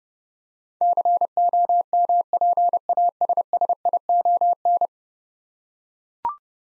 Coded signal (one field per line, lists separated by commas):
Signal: Morse code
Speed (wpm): 32 wpm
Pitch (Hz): 700 Hz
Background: none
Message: COMPASSION